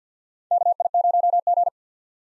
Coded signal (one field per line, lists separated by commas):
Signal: Morse code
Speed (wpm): 50 wpm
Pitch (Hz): 700 Hz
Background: none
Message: KI0G